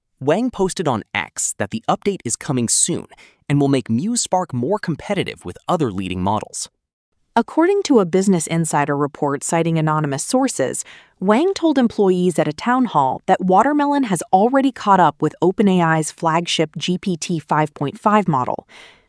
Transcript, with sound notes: Wang posted on X that the update is coming soon and will make Muse Spark more competitive with other leading models.
[thoughtful] According to a Business Insider report citing anonymous sources, Wang told employees at a townhall that Watermelon has already caught up with OpenAI’s flagship GPT 5.5 model.